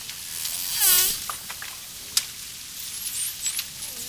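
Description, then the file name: Dolphin sounds: an early buzzy pulsed burst, then isolated clicks and a few thin, high whistles rising and falling toward the end. "shelkane svist delfina vspleski vodi"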